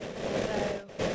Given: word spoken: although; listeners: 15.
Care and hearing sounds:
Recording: one English word in noise, from a listening test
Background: noise modulated by three-talker babble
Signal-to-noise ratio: -6.7 dB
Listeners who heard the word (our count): 1 of 15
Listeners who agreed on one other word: 6 of 15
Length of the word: 0.75 s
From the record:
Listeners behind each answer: 6, 3, 2, 1, 1, 1, 1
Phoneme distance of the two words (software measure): 14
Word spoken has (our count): 2 syllables, 4 phonemes, stress on syllable 2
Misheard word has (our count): 1 syllable, 2 phonemes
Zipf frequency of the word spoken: 5.10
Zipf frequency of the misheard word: 5.43

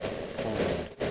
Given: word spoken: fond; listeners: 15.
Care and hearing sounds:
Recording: one English word in noise, from a listening test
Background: noise modulated by three-talker babble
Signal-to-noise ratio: -6.8 dB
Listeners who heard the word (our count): 3 of 15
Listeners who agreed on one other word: 7 of 15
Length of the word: 0.71 s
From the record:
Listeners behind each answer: 7, 3, 1, 1, 1, 1, 1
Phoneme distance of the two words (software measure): 10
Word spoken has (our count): 1 syllable, 4 phonemes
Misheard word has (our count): 1 syllable, 4 phonemes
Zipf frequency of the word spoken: 3.98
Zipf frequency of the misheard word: 4.20

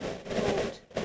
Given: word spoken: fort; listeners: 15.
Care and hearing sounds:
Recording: one English word in noise, from a listening test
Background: noise modulated by three-talker babble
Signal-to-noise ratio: -5.8 dB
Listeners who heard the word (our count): 2 of 15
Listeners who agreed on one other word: 9 of 15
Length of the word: 0.65 s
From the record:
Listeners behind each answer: 9, 2, 2, 1, 1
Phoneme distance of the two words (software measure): 10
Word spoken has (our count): 1 syllable, 3 phonemes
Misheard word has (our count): 1 syllable, 3 phonemes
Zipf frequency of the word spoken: 3.94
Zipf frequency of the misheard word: 4.47

